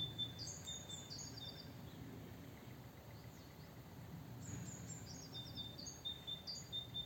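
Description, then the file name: Great tit calls: high thin notes and short flat whistles at the start, then a second longer series, over a steady low background hum. "Parus major"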